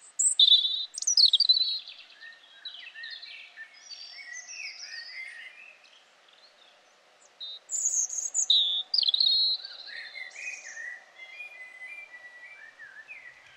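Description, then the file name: European robin song: varied high, thin whistles and twittering phrases in two louder bursts, over a steady low hum. "Erithacus rubecula"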